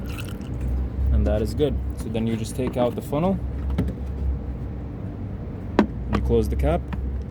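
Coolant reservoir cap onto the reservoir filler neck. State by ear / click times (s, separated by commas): not seated / none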